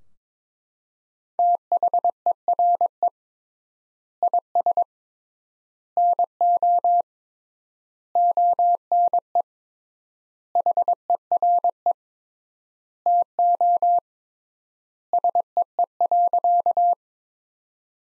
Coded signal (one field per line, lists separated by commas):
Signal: Morse code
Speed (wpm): 22 wpm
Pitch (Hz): 700 Hz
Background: none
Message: THERE IS NO ONE HERE TO SEE.